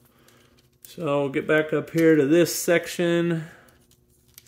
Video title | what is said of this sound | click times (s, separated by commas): Prime Spotlight: Takara Masterpiece MP-53 Skids MP-54 Reboost | and then last step our audible click on the toe | 0.9 s